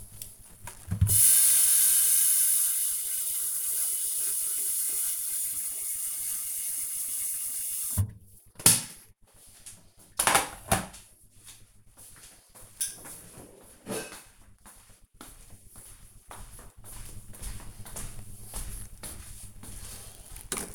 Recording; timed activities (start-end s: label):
household activities, microphone on the right wrist
none